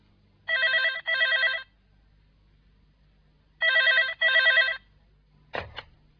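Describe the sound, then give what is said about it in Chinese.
A telephone rings in the classic double burst twice, each ring a bright, buzzing trill separated by a pause, followed by a sharp clatter like a handset being lifted. “喂，为什么你会知道这里电话的？”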